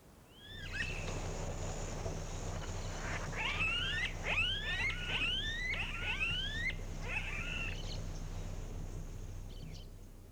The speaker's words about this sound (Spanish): Y ahora, una bandada de garrapateros.